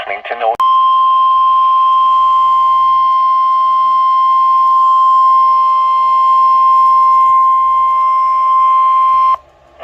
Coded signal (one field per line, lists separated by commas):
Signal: Emergency Alert System (SAME) tones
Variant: 1050 Hz attention tone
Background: speech